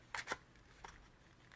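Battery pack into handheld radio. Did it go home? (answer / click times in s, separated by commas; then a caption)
no / none. Someone pushes a 3.7 V, 1500 mAh lithium battery pack (model BL1) into the back of an Arcshell AR-5 UHF FM two-way handheld radio, making two sharp plastic scrapes around 0.2 s and 0.3 s, a fainter tick near 0.9 s and a tiny tap near 1.5 s. The battery does not latch, and nothing has clicked into place yet.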